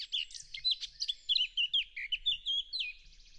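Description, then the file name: Eurasian blackcap song, a fast run of scratchy warbling that breaks into clear, fluty whistled notes, continuing without pause to the end. "Sylvia atricapilla"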